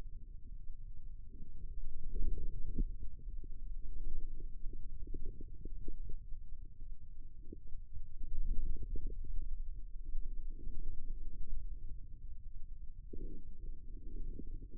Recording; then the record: forearm muscle sounds (acoustic myography)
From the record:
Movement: radial deviation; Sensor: system 2, bracelet of six BSWA MPA416 microphones around the upper forearm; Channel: 6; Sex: female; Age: 25 years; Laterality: right